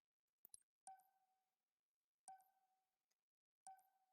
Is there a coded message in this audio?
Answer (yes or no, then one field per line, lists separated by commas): no